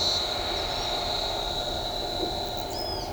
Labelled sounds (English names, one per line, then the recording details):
Yellow-headed Caracara
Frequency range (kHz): Yellow-headed Caracara 3.6-9.6 kHz
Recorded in shrubland near Pivijay, Magdalena, Colombia, on 18 April 2023 at 12:00
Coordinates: 10.453, -74.365
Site P5-G022